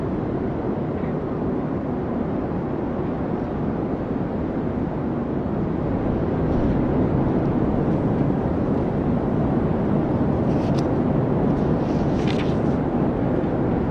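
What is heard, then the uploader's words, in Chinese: Strong wind roars steadily and low throughout, slightly louder after six seconds, with a few faint brief rustles or clicks near ten and twelve seconds. 大风天气｜白噪音｜室内学习氛围音。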